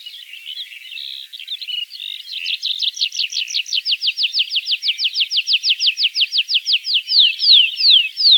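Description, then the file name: Tree pipit song: soft twitter leading into a long, steady trill of rapid repeated notes, ending with a few slower slurred notes. "konek lesnojj"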